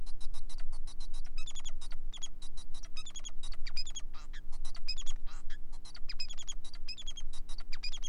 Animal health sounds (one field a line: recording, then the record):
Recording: song of a male Bengalese finch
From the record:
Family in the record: son of father 4